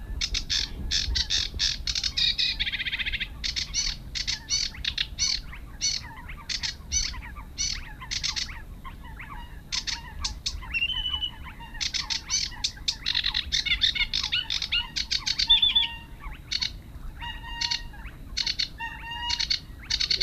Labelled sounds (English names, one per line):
Sedge Warbler song